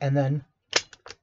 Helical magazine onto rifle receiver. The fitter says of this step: down and lock into place